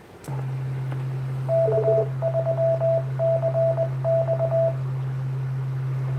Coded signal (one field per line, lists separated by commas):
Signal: Morse code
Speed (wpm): 20 wpm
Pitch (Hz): 660 Hz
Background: radio noise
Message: K3CX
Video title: N3XTF Ham Radio is live!